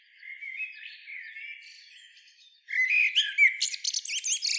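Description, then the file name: Common blackbird singing a quiet, low, fluting warble, then after a brief gap a loud phrase ending in high squeaky twitters. "Turdus merula"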